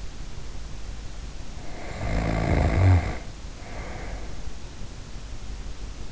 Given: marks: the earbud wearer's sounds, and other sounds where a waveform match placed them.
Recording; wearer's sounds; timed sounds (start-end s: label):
sounds in sleep by an in-ear microphone; snoring breath
1.58-4.71 s: snoring breath